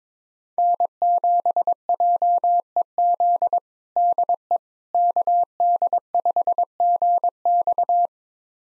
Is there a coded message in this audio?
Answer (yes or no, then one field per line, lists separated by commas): yes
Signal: Morse code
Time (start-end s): 0.6-8.1 s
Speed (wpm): 21 wpm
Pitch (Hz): 700 Hz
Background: none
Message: N7JEZ DE KD5GX